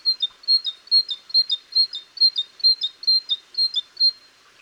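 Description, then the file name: Great tit singing a high, bright two-note phrase, a sharp upper note dropping to a lower one, repeated steadily about twice a second throughout. "Parus major"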